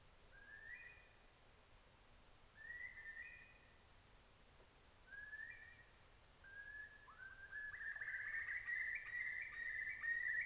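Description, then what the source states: Eurasian curlew whistles, a few short rising notes that run into a longer bubbling rising phrase near the end, with one thin high seep and steady hiss. Recorded at night, with redwing calling alongside.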